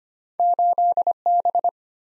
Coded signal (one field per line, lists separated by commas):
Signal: Morse code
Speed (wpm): 25 wpm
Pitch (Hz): 700 Hz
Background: none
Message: 8B